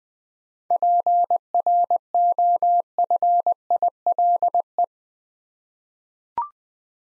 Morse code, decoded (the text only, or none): PROFILE